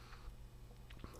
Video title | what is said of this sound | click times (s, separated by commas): Tilslutning af guitar til computer | er meget vigtigt hvis man er så klodset som jeg er i hvert fald at det siger Klik Så | 0.9 s